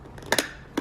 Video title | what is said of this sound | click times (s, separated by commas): 2005-2011 Cadillac STS - Door Window Switch Replacement | and it'll click into place and then we're going to | 0.3 s